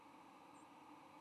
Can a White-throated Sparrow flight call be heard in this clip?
no